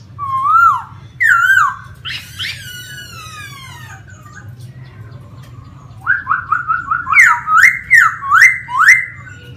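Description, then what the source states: Laughingthrush song: two loud swooping whistles, a harsh buzzy note, a quiet pause, then a fast run of repeated bright rising whistles, with low hum throughout. Song in the 'giọng rừng' (wild voice) style.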